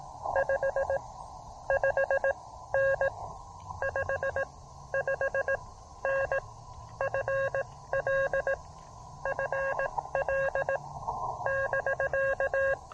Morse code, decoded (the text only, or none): 55N 55N FL FL <BK>